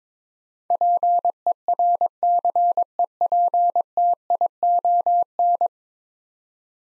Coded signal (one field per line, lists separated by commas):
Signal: Morse code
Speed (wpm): 21 wpm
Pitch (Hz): 700 Hz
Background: none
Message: PERCEPTION